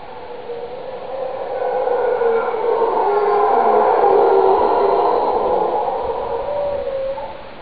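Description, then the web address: Howler monkey howling, a broad roaring drone that swells over several seconds, peaks midway, then slowly fades. Recorded in the Americas in 2017. "Amerique 2017 sons Hurleurs"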